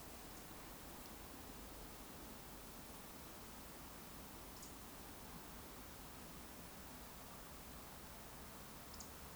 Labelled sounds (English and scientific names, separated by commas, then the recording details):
Eurasian Woodcock (Scolopax rusticola) whistle
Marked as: whistle, whistle, whistle
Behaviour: display flight
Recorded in Baden-Württemberg, Germany, on 18 June 2021 at 20:17 UTC
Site 49334, 1074 m above sea level